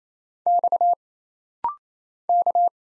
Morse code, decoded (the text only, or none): X K